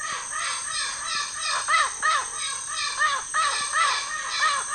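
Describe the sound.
Bird calls, a rapid series of harsh, arched caw-like notes repeated about three times a second, with a steady high hiss throughout.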